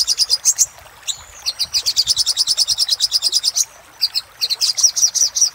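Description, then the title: Little spiderhunter song: long fast rattle of sharp high notes, broken by two short pauses and a thin drawn-out whistle. Master recording made for training caged songbirds. "Masteran Burung Sogok Ontong Labaik"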